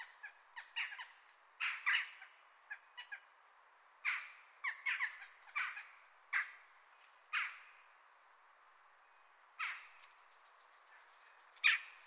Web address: jackdaw sound